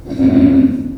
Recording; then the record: squeal of a Yucatan mini pig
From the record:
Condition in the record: after surgery on the right vocal fold (resection and tissue-engineered implant); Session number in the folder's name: 2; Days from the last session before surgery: 18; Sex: female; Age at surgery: 19 weeks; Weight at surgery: 25 kg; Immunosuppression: prednisolone